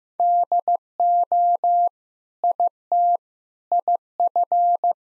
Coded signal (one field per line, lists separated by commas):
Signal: Morse code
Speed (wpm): 14 wpm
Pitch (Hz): 700 Hz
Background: none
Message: DO IT IF